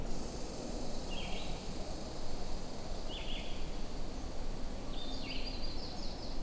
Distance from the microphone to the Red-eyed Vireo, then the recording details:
about 55 m. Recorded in boreal forest in Alberta, Canada, on 21 June 2016 at 07:28. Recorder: SongMeter 3, array SBT-6-76. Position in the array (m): 181 m, 87 m